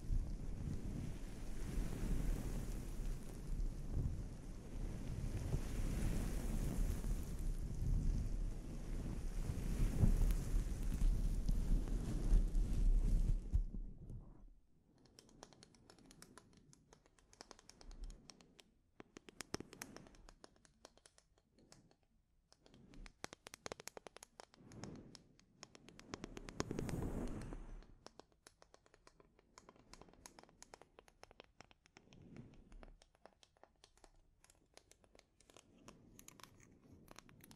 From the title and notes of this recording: ASMR Sleep Inducing Scalp Treatment (No Talking).